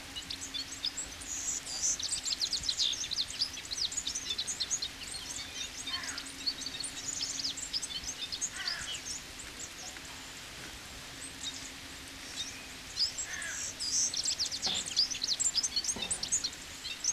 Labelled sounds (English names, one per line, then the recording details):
Citril Finch song
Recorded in the wild
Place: Oberstdorf, Bayern, DE
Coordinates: 47.4906, 10.2803
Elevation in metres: 809
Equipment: Uher 4000 Report
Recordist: Tretzel, Erwin